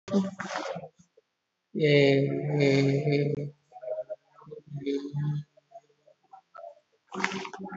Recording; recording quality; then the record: sustained vowel as in made; excellent, no background noise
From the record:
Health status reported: COVID-19 positive, mild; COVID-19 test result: positive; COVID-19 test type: RT-PCR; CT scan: not taken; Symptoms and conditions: cough, cold, fever, fatigue, loss of smell and taste, hypertension, diabetes, another condition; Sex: male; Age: 56 years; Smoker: no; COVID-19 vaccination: none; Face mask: not worn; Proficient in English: yes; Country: India